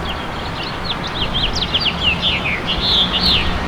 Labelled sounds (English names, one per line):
House Finch song